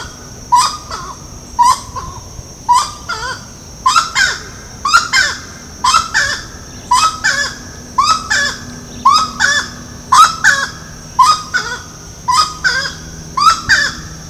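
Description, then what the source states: Grey-cowled wood rail calling repeatedly with loud, honking paired squawks roughly every second, set against a continuous high-pitched insect hum. Recorded at Ibirapuera, São Paulo, Brazil, on 6 December 2012.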